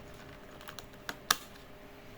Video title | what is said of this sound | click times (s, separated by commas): Apakah CPU AIO Three Sheep Network Bisa di Upgrade | Oke, satu sudah klik, satu | 1.3 s